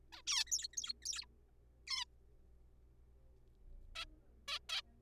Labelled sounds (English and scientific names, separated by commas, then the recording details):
Zebra Finch (Taeniopygia guttata)
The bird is a juvenile
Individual R3428